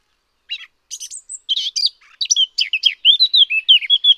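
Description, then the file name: Eurasian blackcap song: a varied warble of high chirps and clear fluting notes that grows louder toward the end, with no other sounds. "sylvia atricapilla"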